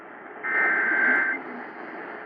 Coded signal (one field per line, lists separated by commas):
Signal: Emergency Alert System (SAME) tones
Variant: header bursts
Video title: Eas TSA FFW on KOTV-AM Eas#1788